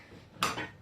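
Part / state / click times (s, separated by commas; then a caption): torque converter into automatic transmission front pump / seated / 0.4 s. A torque converter is spun and wobbled onto the input shaft of a Turbo 400 automatic transmission until its slots engage the front pump. After a faint low background, a single sharp metallic click rings out at 0.4 s and fades over a few tenths of a second. The torque converter is seated in the front pump.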